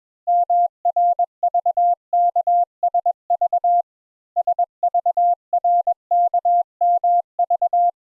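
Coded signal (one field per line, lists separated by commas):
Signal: Morse code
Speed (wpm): 22 wpm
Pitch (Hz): 700 Hz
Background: none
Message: MRVKSV SVRKMV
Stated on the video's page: Morse introductory lesson on letters U and V.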